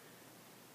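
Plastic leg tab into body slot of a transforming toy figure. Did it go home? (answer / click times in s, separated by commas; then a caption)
no / none. A purple plastic tab on the leg of a Transformers Age of Extinction Generations Deluxe Class Dinobot Slug figure is wedged toward a gray slot on the body, but it is hard to line up. Only a steady, even broadband hiss is heard with no distinct sounds. The tab has not seated and no click has occurred yet.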